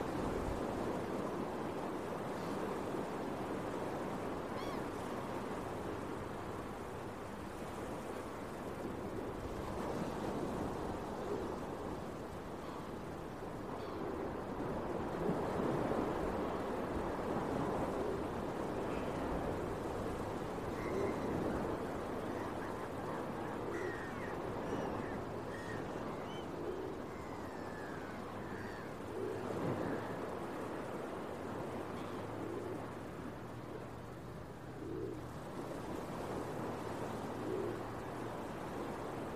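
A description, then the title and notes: Beach waves wash in a steady, dense rush that swells slightly around the middle and again near thirty seconds. Short bright gull-like calls surface now and then, clustering between about twenty and thirty-five seconds, over a low constant rumble. Early Morning Seagulls and Beach Waves.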